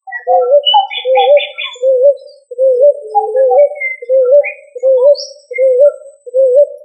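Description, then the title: Pigeon cooing in short wavering notes, repeated steadily a little faster than once a second, with scattered chirps and whistles from other birds above. "Familia Columbidae Pomba"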